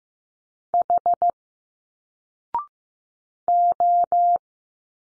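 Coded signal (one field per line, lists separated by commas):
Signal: Morse code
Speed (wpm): 15 wpm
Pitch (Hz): 700 Hz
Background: none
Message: H O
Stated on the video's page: Morse drill of single letters at 15wpm, each sent, spoken after a 0.6-second pause, then sent again.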